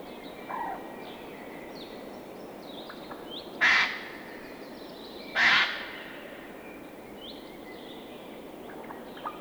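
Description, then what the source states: Eurasian jay screeching twice, harsh noisy bursts about two seconds apart, with faint thin calls of small birds in the background. Field recording.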